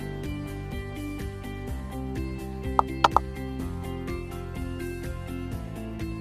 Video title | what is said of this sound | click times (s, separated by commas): How to Use Plastic Doll Armature - X & Y Connectors Explained | you should hear a clear click. This sound means the joint is securely attached. | 2.8 s